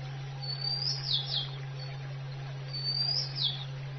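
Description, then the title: Oriental magpie-robin song: two matching phrases of a thin rising whistle followed by quick falling slurs, about two seconds apart, above a steady low hum. "Kicau Kacer"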